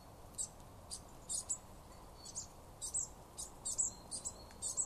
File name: Poecile palustris